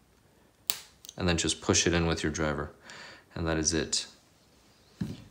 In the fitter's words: you hear that snap then everything is good